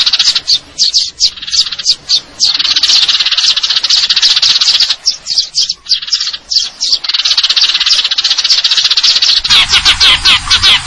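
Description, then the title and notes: Eurasian tree sparrow rapid twittering and trills, ending in a quicker, steadily pulsed run of sharp chirps over a faint low hum. Fighting call (tarung) with long trills (nembak panjang); clear-sound masteran training recording intended for contest birds. "GEREJA TARUNG NEMBAK PANJANG SUARA JERNIH MASTERAN WAJIB BURUNG LOMBA. Burung Gereja"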